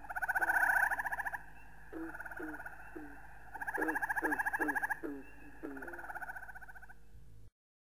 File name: grey tree frog